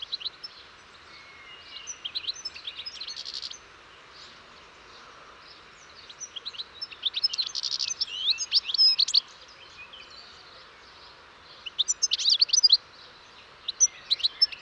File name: Carduelis carduelis